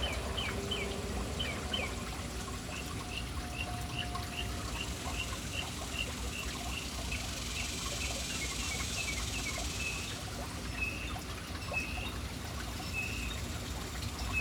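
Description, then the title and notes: Birds chirping in a steady stream of short, high notes, many repeated in quick runs, over a constant wash of splashing water and low background rumble. City birds hanging around an urban fountain. "Urban birds at fountain. Relaxing sounds of City Birds hanging around fountain"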